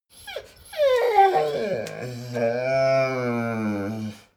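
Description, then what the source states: Dogo Argentino whining: a high, thin whimper slides downward, then settles into a long, steady, nasal whine that holds its pitch for about two seconds before stopping. Dogo Argentino dog giving a sequence of whines.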